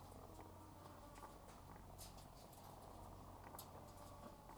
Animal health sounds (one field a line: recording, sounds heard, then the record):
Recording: poultry house recording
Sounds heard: sick chickens (respiratory disease)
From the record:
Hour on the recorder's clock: 12